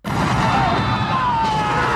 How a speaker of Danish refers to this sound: Nu der er et andet klip her fra, da de er oppe i, Arnold han kommer til Mars og møder ham Benny. Og så er der lige pludselig en eksplosion.